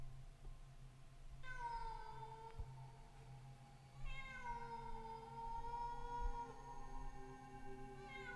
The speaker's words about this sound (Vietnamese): Tiếng mèo kêu, mỗi lúc một to.